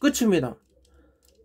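Someone talks briefly while folding the plastic body section of a transforming dragon toy into its final transformed position, followed by faint, quiet handling sounds. Nothing has seated or clicked into place yet.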